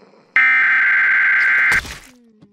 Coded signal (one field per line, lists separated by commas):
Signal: Emergency Alert System (SAME) tones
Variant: header bursts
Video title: Rating EAS alarms around the world (1000 subscribers special)